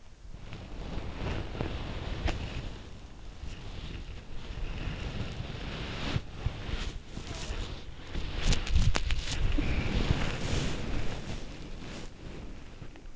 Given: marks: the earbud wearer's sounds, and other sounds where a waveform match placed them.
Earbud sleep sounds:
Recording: sounds in sleep by an in-ear microphone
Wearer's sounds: body movement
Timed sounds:
0.00-13.16 s: body movement

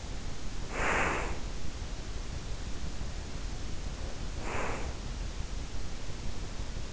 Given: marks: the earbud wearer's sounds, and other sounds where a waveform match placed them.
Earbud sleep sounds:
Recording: sounds in sleep by an in-ear microphone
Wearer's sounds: breath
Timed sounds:
0.58-1.65 s: breath
4.21-5.09 s: breath

